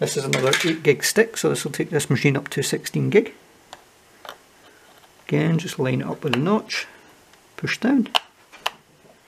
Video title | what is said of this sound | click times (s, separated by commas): Upgrade A Old Gaming Laptop & Upcycle It To A Basic Home Lab - Part 1 (@ytcreators, @youtube) | wait for it to go down and then press down until it clicks so that was nice and easy | 8.7 s